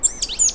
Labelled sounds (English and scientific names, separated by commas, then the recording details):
Stitchbird (Notiomystis cincta) song
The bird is a male
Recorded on Tiritiri Matangi Island, New Zealand, in 2005
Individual 1, of nest box 1